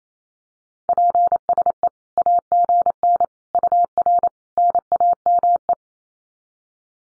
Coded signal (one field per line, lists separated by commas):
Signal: Morse code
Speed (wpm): 28 wpm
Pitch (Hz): 700 Hz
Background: none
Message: PSE AGN UR NAME